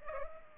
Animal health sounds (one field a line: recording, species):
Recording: mosquito wingbeat signal from an infrared sensor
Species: Culex pipiens